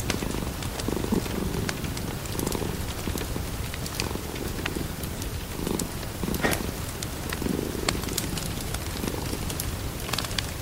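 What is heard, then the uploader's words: Rain and a fire run together without a break, a dense, steady hiss with a heavy low rumble underneath. Sharp crackles and pops stand out every second or so, and soft low bursts swell in every couple of seconds. Autumn cuddles with your boyfriend and kitten with rain and fire in the background.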